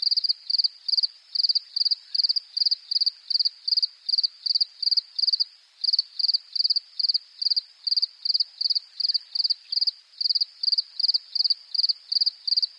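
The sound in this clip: Cricket call: short, high, pulsing chirps repeating evenly about three times a second without a break.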